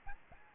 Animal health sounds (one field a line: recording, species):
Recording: mosquito wingbeat signal from an infrared sensor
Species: Aedes albopictus